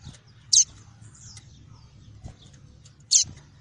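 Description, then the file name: Double-collared seedeater giving two sharp, high notes about two and a half seconds apart, with low background rumble. Song of the "tui-tui" variety. "canto do papa capim tui tui"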